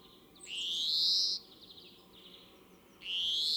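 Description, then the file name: European greenfinch giving long, buzzy, rising wheezes, one lasting nearly a second, with soft twittering between them and a second wheeze starting near the end. "Chloris chloris"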